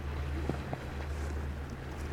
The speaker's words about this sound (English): Like a tugboat just went by, and there's that guy going by in a powerboat over there.